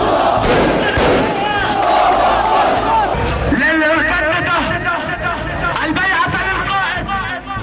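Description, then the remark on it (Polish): A dense crowd of supporters shouts and chants together at the burial of Islamic Jihad commander Baha Abu Alatta in Gaza, many voices rising in loud, rhythmic calls over a constant roar of babble, with occasional dull thumps underneath. “Wczoraj został pochowany w Gazie w obecności tłumu zwolenników.”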